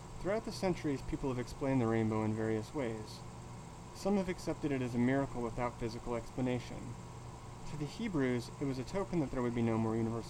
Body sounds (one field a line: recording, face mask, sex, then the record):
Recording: reading aloud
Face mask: surgical mask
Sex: male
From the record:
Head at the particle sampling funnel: tilted down, bridge of the nose in front of it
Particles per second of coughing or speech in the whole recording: 0.515